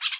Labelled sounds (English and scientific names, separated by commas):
Brown-throated Parakeet (Eupsittula pertinax) contact call